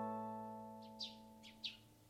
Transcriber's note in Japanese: 朝、すずめの声